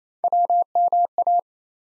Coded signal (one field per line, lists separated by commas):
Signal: Morse code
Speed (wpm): 27 wpm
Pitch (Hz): 700 Hz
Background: none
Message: WMA